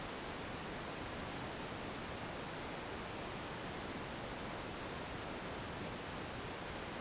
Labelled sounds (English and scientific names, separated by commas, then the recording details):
none
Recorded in dense forest near Puerto Asís, Putumayo, Colombia, on 29 June 2025 at 12:00
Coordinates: 0.484, -76.317
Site G045